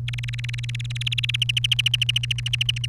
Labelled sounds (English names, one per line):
Domestic Canary song